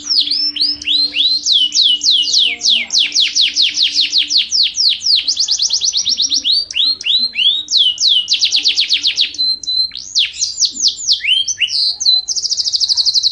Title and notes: Suara Burung Kenari Masteran. master suara burung kenari